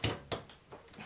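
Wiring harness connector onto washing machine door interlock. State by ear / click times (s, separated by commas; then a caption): seated / 0.0 s, 0.3 s. A plastic wiring harness connector, its oxidized contacts cleaned with WD-40 as a temporary fix until a replacement is available, is pushed onto a washing machine door lock interlock until fully fixed. Two sharp clicks land at 0.0 s and 0.3 s, followed by fainter, softer handling sounds. The connector is seated.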